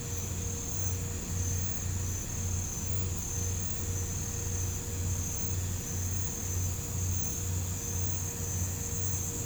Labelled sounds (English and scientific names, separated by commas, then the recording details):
none
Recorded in pastures near Puerto Asís, Putumayo, Colombia, on 20 December 2024 at 01:30
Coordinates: 0.505, -76.324
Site G063